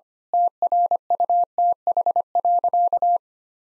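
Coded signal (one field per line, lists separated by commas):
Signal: Morse code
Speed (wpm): 25 wpm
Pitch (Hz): 700 Hz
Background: none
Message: TRUTH.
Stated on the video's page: Morse practice sentences of common nine-word phrases at 25 wpm, for head-copy.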